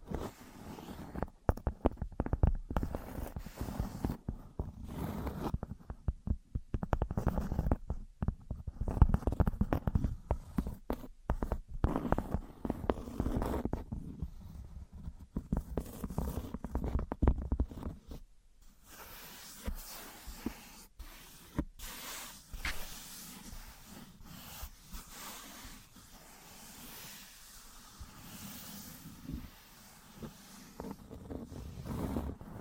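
Objects of wood, cork, sponge, foam, glass and plastic being handled and rubbed together. The first eighteen seconds are dense with low, scraping and knocking handling noise in quick bursts; after that the sounds turn quieter and thinner, with a soft hiss and sparse taps.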